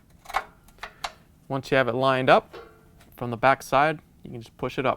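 A plastic lid latch bezel for a Whirlpool/KitchenAid/Maytag washer lid latch assembly (W10404050) is lined up from the back side and pushed up toward the washer top panel, with a few short, sharp handling taps in the first second. Someone then talks. Nothing has seated or clicked yet.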